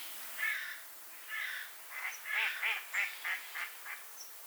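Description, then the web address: Eurasian jay giving a run of harsh, rasping calls, two longer rasps followed by about eight shorter, quickening notes that fade toward the end. "pub SETE data Garrulus glandarius"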